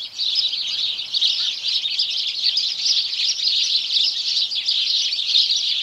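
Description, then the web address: House sparrow chorus: dense, unbroken chirping from many birds at once, a steady wall of overlapping chirps throughout. Morning chorus of house sparrows. "BBC Sparrows"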